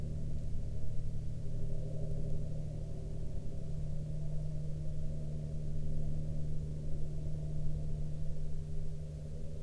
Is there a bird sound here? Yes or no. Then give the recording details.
no. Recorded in the Prudhoe Bay oil fields, Alaska, on 16 May 2019 at 06:12. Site 13